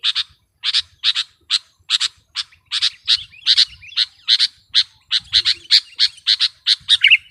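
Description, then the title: Sooty-headed bulbul giving a rapid, steady run of many short, harsh chattering notes. "kutilang"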